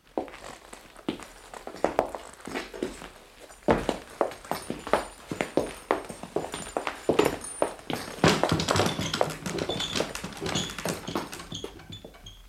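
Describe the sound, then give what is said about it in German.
Horse hooves clip-clop in a steady stream of sharp, hollow knocks, an uneven trotting rhythm that continues throughout at moderate volume with no voices. “Ich würde mich aufs Pferd setzen, bevor Ihnen die Männer hier ihre Drohungen übel nehmen.”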